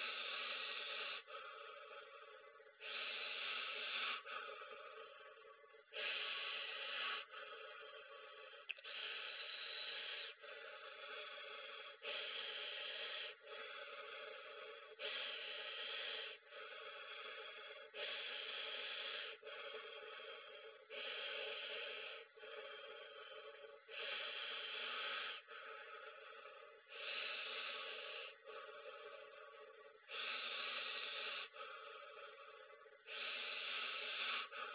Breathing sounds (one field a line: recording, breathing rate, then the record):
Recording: paced breathing near a phone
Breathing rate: 20 breaths a minute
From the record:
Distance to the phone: 20 cm